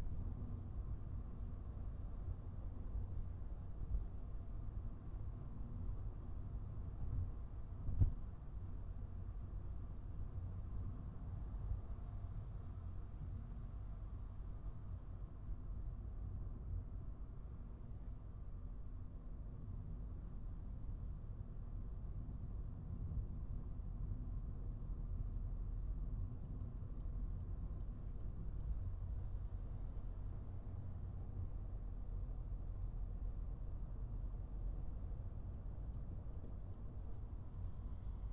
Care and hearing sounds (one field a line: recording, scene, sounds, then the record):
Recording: everyday scene through a hearing-aid microphone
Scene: in a vehicle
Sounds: engine, traffic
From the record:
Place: Skoda Fabia, gasoline engine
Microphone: behind the ear, right, front